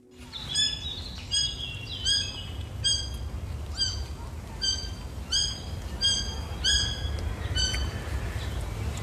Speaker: reekalfje in de treek bij Woudenberg roept angstig naar zijn moeder die net een beek is overgezwommen.